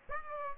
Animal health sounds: mosquito wingbeat signal from an infrared sensor; Aedes aegypti

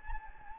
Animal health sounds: mosquito wingbeat signal from an infrared sensor; Anopheles gambiae

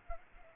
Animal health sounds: mosquito wingbeat signal from an infrared sensor; Culex pipiens

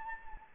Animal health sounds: mosquito wingbeat signal from an infrared sensor; Anopheles gambiae

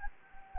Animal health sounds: mosquito wingbeat signal from an infrared sensor; Anopheles gambiae

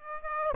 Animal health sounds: mosquito wingbeat signal from an infrared sensor; Aedes aegypti

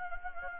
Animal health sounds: mosquito wingbeat signal from an infrared sensor; Anopheles gambiae

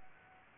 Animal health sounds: mosquito wingbeat signal from an infrared sensor; Aedes aegypti

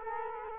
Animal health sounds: mosquito wingbeat signal from an infrared sensor; Culex quinquefasciatus

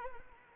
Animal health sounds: mosquito wingbeat signal from an infrared sensor; Anopheles arabiensis

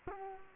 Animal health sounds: mosquito wingbeat signal from an infrared sensor; Culex quinquefasciatus

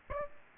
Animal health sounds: mosquito wingbeat signal from an infrared sensor; Aedes aegypti

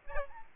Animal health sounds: mosquito wingbeat signal from an infrared sensor; Aedes albopictus

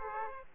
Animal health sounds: mosquito wingbeat signal from an infrared sensor; Aedes aegypti

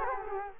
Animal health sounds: mosquito wingbeat signal from an infrared sensor; Culex quinquefasciatus

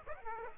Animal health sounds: mosquito wingbeat signal from an infrared sensor; Aedes aegypti

